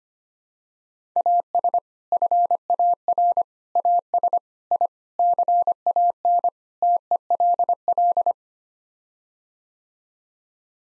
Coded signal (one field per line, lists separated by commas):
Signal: Morse code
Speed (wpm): 25 wpm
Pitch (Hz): 700 Hz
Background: none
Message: AS FAR AS I CAN TELL